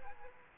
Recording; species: mosquito wingbeat signal from an infrared sensor; Aedes aegypti